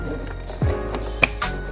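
A wiring harness connector is plugged into the back of a newly mounted switch, with soft handling bumps and a low thud around 0.6 s over a steady background hum. A sharp, loud click at 1.2 s marks the connector seating onto the switch, confirmed as seated.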